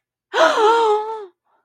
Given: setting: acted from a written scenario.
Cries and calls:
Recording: vocal sound without words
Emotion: distress

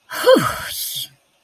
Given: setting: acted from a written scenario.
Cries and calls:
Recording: vocal sound without words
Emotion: triumph

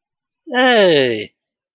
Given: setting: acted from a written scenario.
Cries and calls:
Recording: vocal sound without words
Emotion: positive surprise

